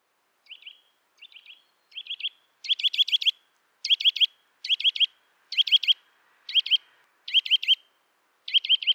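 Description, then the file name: Eurasian nuthatch giving quick clusters of clear, rising notes; the first groups are softer, then louder bursts of three to four notes follow about once a second. "Sitta europaea"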